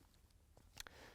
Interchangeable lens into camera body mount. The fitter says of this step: always turn it to the clockwise that's nice and tight you'll hear that click